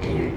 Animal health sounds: contact call of a hoofed animal; pig; closed-mouth grunt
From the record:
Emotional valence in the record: negative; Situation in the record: short social isolation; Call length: 0.37 s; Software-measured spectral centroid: 1350 Hz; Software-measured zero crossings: 870 a second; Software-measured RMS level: -24 dBFS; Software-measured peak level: -13 dBFS

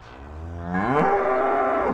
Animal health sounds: contact call of a hoofed animal; cattle; low-frequency (closed-mouth) or high-frequency (open-mouth) call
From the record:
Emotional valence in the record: negative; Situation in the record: full separation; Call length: 1.94 s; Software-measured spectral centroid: 1030 Hz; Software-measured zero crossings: 1260 a second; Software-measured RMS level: -23 dBFS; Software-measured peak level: -6 dBFS

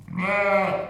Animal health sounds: contact call of a hoofed animal; sheep; low-frequency (closed-mouth) or high-frequency (open-mouth) call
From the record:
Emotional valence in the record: negative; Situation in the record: short social isolation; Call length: 0.90 s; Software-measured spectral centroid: 1660 Hz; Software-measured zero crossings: 1800 a second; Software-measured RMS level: -23 dBFS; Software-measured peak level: -9 dBFS

